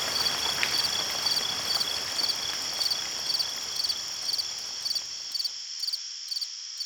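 Crickets give a constant high ringing chorus with fast regular pulses on top, while rain hisses underneath and then drops away near the end.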